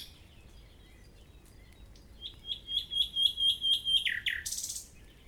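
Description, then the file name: Common nightingale song: soft high notes, then a loud run of about eight rapidly repeated whistled pulses, ending in two lower slurred notes and a burst of high buzzy sound. "Usignolo"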